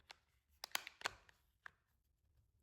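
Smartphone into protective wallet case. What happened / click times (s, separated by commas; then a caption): The case edges snapped over the device / 0.6 s, 0.8 s. An iPhone 17 Pro is pressed into a shockproof TPU wallet case with a card holder, privacy screen and military drop protection. Sharp clicks are heard at 0.6 s and 0.8 s as the case edges snap over the phone, with a few lighter taps and handling sounds around them. The phone is seated in the case.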